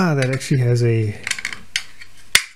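Someone talks while a cover is pressed onto the electronics/controller enclosure of a Sienci Mill One desktop CNC mill, with a few light handling clicks in between. A sharp, loud snap at 2.4 s is the cover clicking into place, seated.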